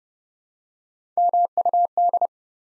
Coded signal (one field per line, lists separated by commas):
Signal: Morse code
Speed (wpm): 30 wpm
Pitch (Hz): 700 Hz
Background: none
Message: MUD